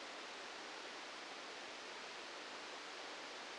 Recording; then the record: brain microelectrode recording played as sound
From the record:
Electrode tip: outside the subthalamic nucleus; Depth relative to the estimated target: -4 mm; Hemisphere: left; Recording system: NeuroSet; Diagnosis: Parkinson's disease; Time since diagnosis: 9 years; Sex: male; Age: 61 years